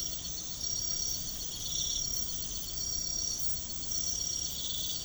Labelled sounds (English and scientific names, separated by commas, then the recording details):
none
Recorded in pastures near Puerto Asís, Putumayo, Colombia, on 13 March 2025 at 02:30
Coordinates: 0.505, -76.324
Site GP08